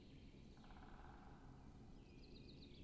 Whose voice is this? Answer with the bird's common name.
Great Spotted Woodpecker